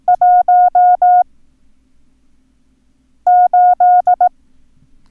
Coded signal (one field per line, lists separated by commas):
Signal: Morse code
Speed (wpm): 18 wpm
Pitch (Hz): 720 Hz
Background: none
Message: 18